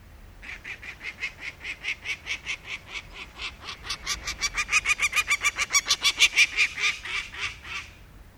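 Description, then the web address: Peregrine falcon call: a long, rapid series of harsh cacking notes, growing louder toward the later part and fading at the end. In Canberra. "canberra-garden-birds raptors peregrine-falcon"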